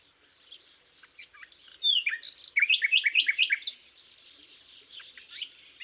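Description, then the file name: Common nightingale song: soft scattered notes, then a loud rapid series of repeated rich chirps, followed by quieter twitters. "Luscinia megarhynchos"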